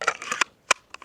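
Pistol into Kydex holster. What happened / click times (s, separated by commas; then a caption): The pistol snapped into the rigid plastic holster / 0.7 s. A pistol is pushed into a custom Kydex holster, with scraping and rubbing sounds in the first half second. It snaps into place with a sharp, clear retention click at 0.7 s, followed by a few faint ticks. The pistol is seated in the holster.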